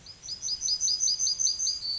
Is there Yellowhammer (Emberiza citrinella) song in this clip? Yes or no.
yes